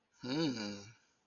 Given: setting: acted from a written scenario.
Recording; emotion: vocal sound without words; desire